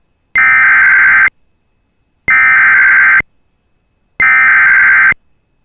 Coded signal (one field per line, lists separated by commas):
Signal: Emergency Alert System (SAME) tones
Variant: header bursts